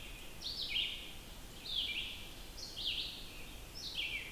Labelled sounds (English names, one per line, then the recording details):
Red-eyed Vireo song
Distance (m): 45 m
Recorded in boreal forest in Alberta, Canada, on 14 June 2016 at 06:37
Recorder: SongMeter 3, array SBT-3-33
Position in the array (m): 154 m, 183 m